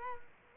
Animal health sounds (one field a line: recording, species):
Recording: mosquito wingbeat signal from an infrared sensor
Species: Culex quinquefasciatus